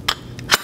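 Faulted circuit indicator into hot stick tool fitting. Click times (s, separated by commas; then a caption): 0.1 s. A faulted circuit indicator is pushed nose-first into the opening of an extended hot stick tool fitting until it locks into place. A sharp click at 0.1 s marks it seating, followed by a fainter tick at 0.4 s and another loud snap at 0.5 s. The indicator is seated and locked in the stick tool.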